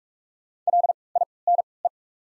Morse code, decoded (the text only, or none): LINE